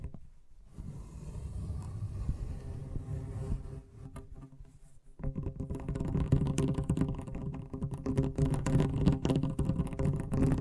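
Fast tapping runs almost the whole way through, a dense flurry of quick, low-pitched taps with a scratchy, scraping edge. It begins after a brief silence, dips around the five-second mark, then returns louder and busier until the end.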